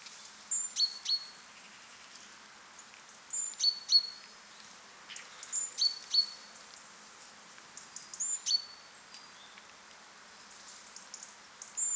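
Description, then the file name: Great tit giving high, thin call notes in irregular bursts, short sustained whistles mixed with quick ticking notes, faint hiss behind. "Parus major"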